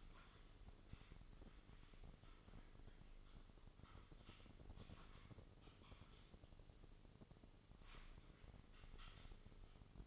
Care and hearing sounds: daily activity, microphone in the room; typing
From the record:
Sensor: 4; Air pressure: 996.0 hPa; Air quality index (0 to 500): 64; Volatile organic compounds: 2 ppm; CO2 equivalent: 1142 ppm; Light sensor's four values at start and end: 18/49/19/20 and 18/49/19/20

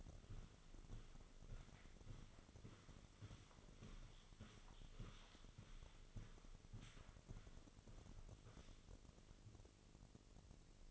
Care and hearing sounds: daily activity, microphone in the room; walk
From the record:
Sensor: 4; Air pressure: 1010.1 hPa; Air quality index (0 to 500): 174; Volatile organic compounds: 2 ppm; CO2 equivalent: 1258 ppm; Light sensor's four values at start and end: 53/132/56/61 and 54/134/56/62

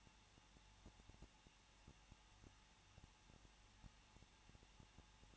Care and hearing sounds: daily activity, microphone in the room; no activity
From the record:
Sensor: 1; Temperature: 20.1 degrees Celsius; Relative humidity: 39.2%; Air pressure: 1006.3 hPa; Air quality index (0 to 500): 218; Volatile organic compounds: 77 ppm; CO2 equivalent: 3583 ppm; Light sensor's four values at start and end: 1/2/1/1 and 1/2/1/1

